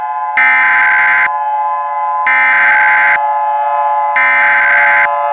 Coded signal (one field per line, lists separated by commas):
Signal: Emergency Alert System (SAME) tones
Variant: header bursts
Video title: (EAS MOCK) Hawaiian Disaster